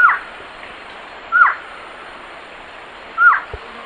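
A bird gives clear whistled notes that rise briefly and then fall. Three calls come about every one and a half to two seconds over a steady background hiss.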